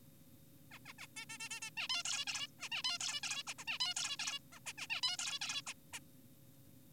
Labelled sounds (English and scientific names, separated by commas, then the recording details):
Zebra Finch (Taeniopygia guttata)
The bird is an adult
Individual g4p5U